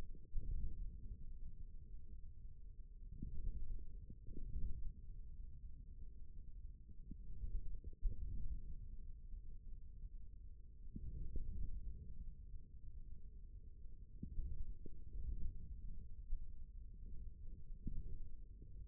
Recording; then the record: forearm muscle sounds (acoustic myography)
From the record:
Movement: forearm pronation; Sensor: system 1, eight BSWA MPA416 microphones around the upper forearm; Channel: 1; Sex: male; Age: 41 years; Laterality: right